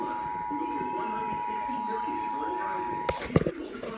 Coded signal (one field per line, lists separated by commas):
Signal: Emergency Alert System (SAME) tones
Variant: 853 and 960 Hz attention tone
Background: speech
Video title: Flash Flood Warning EAS #59